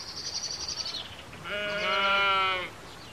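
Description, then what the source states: Sheep bleating, one long harmonic baa lasting about a second, preceded by a high thin bird whistle. Country scene in a meadow with sheep and lambs and birdsong.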